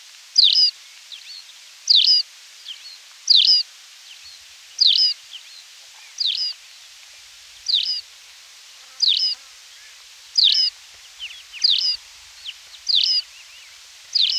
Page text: Tawny Pipit Song. Quick Sounds